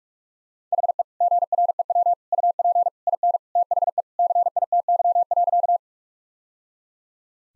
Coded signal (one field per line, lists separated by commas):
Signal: Morse code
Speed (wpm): 41 wpm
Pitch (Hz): 700 Hz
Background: none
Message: HE GREW UP IN THE CITY.